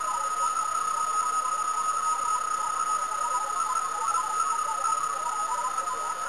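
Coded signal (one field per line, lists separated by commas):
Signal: PSK31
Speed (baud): 31.25 baud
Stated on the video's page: PSK31 contact made with Ham Radio Deluxe 5.0 beta, operating from Creel, Chihuahua, Mexico.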